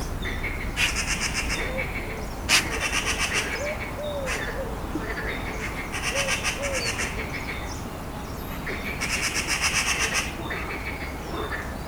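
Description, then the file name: Eurasian magpie chattering, harsh dry rattles of rapid notes in about four bursts, with soft low curved whistles from another bird and a steady low rumble throughout. "Pica pica"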